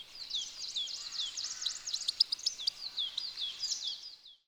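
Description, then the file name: European goldfinch giving a soft, steady stream of high twittering notes with downward flicks, fading at the end. "Carduelis carduelis"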